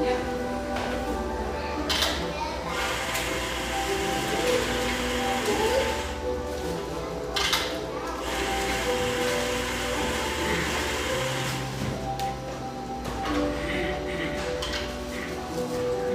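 Steady murmur of voices fills an industrial-style cafe, with clattering dishes and knocks breaking through around two, seven, and twelve seconds.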